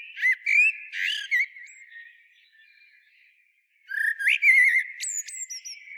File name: Turdus merula